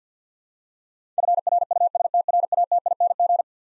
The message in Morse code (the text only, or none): FRUSTRATING